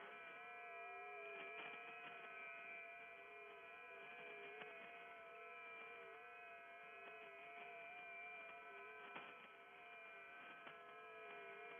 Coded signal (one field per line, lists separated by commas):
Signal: FT8